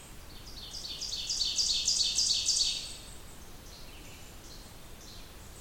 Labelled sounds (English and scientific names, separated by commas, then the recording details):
Ovenbird (Seiurus aurocapilla) song
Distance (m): 30 m
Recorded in boreal forest in Alberta, Canada, on 28 June 2016 at 08:48
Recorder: SongMeter 3, array SBT-6-79
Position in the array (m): 9 m, 111 m
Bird 40